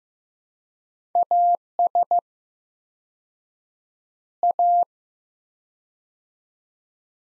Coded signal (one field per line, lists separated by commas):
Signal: Morse code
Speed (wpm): 15 wpm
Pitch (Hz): 700 Hz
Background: none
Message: AS A